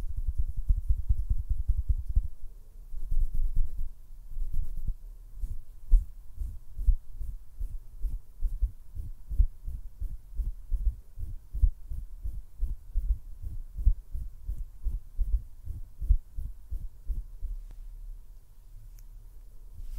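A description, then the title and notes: A scalp massage, with muffled, rapid rubbing that makes deep, soft thumps. The first few seconds are a dense low rumble, then the presses settle into quick, fairly regular pulses, about three per second, with faint brushing hiss above. ASMR SPA AND PERSONAL ATTENTION WITH FAST TINGLES ASMR, NO TALKING, SCALP MASSAGE, CAMERA BRUSHING.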